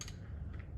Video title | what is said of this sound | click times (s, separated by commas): PHS Torque- what it is, does and how to calculate it | torque wrench it will click you'll hear it click and that tells you hey | 0.0 s